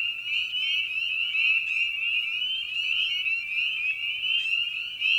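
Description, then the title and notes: Spring peepers calling in a dense chorus, many high piping peeps overlapping into a continuous shrill ringing with no pauses. Evening at a frog pond. "Episode 5: Night of the Peepers. Spring Peeper (Pseudacris crucifer). Ian Carlsen"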